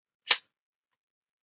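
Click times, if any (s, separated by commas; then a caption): 0.3 s. The adjustable buttstock of a CZ 600 Trail rifle is pushed forward into its fully collapsed position. At 0.3 s it locks with a single sharp, loud click that spans a broad range of frequencies, and then everything is silent. The stock is fully locked in place and will not pull back out.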